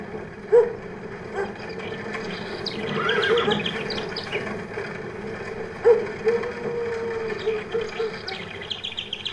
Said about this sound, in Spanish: ¿Qué escuchaste hace? Caballo